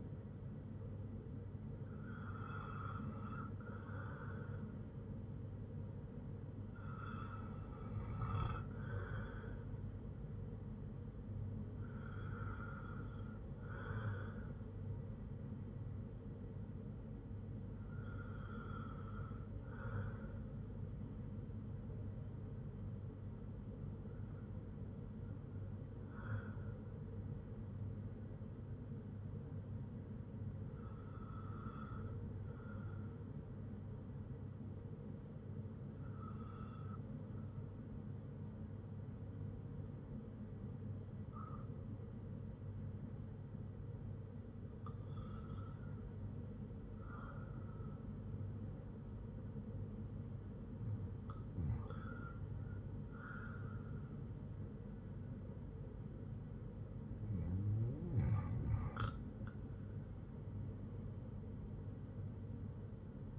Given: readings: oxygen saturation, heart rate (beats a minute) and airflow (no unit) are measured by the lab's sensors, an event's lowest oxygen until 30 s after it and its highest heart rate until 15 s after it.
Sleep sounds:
breathing in sleep by a smartphone at the bedside; none
none scored
From the record:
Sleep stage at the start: N1 (lightest sleep); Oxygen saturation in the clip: 91 to 97%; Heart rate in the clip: 57 to 70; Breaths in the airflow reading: 11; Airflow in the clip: -6.0 to 5.7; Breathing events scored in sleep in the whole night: 182 in 7.4 hours asleep

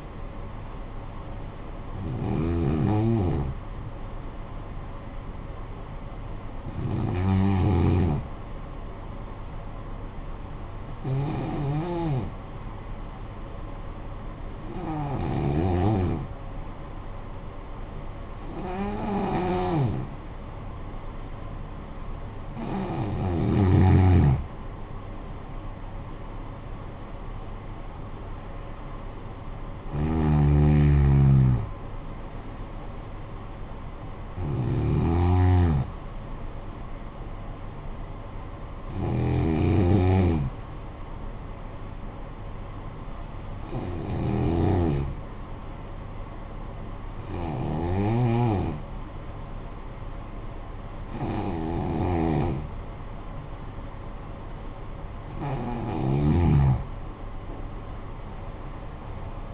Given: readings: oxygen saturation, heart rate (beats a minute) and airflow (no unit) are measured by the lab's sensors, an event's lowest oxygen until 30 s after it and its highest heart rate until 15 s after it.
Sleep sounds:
breathing in sleep by a smartphone at the bedside; 2
5.00-25.00 s: hypopnea (N2, oxygen 96% highest, then 88% lowest, heart rate 51 at the start, 74 highest)
44.00-55.40 s: hypopnea (N2, oxygen 95% highest, then 89% lowest, heart rate 53 at the start, 71 highest)
From the record:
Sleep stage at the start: N2 (light sleep); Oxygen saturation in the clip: 88 to 96%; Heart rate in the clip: 50 to 74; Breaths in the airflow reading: 14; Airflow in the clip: -13.4 to 11.8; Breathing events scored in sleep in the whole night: 445 in 7.6 hours asleep

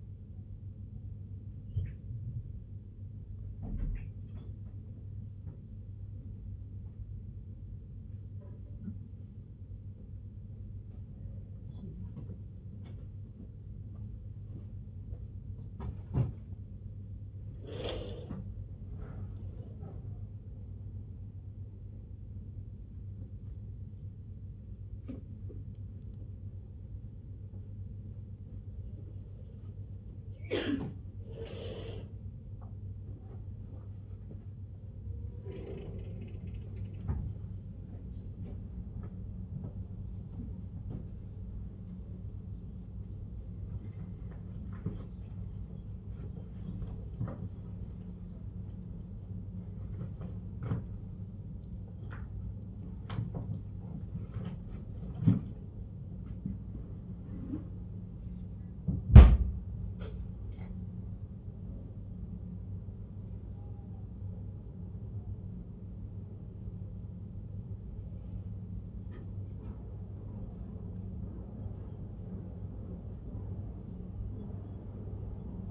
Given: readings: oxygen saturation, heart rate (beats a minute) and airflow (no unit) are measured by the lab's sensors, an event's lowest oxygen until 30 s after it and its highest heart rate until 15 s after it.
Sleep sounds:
a person awake in a sleep study, by a smartphone at the bedside; none
0.00-75.70 s: awake
From the record:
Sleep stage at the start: awake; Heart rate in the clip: 78 to 90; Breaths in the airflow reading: 27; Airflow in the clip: -0.7 to 1.0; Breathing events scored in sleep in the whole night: 258 in 7.4 hours asleep

